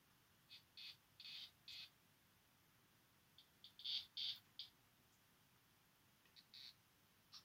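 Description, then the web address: Sabana Surinam toad giving high buzzy pulses in loose clusters, some louder and longer, with quiet gaps between groups. Male vocalizations. "pipa parva vokalizace samci"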